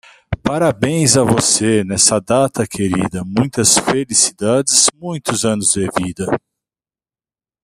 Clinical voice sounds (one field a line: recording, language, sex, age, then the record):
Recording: short text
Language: Brazilian Portuguese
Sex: male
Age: 40 to 49 years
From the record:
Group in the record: control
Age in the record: 48 years